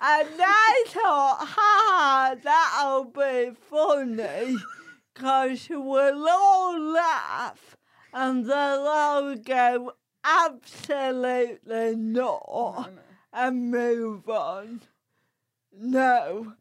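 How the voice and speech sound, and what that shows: An adult woman speaks slowly, with drawn-out, stretched vowels and glottal breaks: dysarthria from cerebral palsy.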